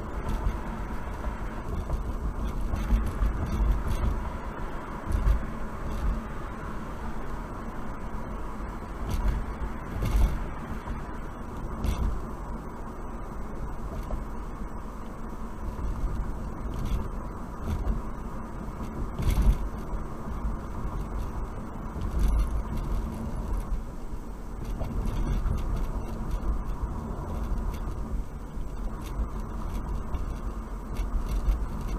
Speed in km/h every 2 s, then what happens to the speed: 60, 60, 61, 60, 58, 58, 58, 58, 56, 58, 58, 58, 55, 53, 52, 52.
0-32 slows to 52.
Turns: none.